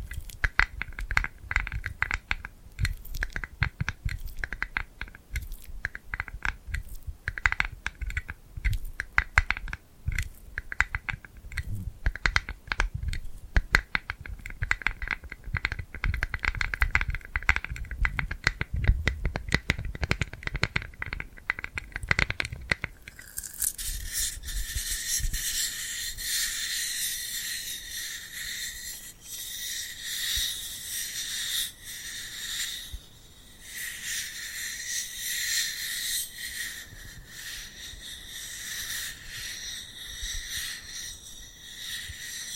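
Tingly sounds of glued hands, starting with quick, uneven sticky clicks and soft low thumps for about twenty-three seconds. Then the sound abruptly changes to a steady, bright, crackling hiss, like peeling or rubbing, that continues evenly to the end.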